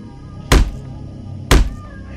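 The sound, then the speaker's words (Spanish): Two heavy knocks on a door, spaced about a second apart, each a sharp, booming thud over a low steady background hum, with no voices. “Luego golpes en la puerta.”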